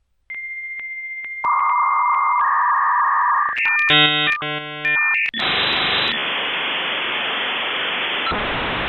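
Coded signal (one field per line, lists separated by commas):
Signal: dial-up modem handshake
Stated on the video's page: Dial-up internet connection sound slowed to 20% speed, made from a freely downloadable sound sample.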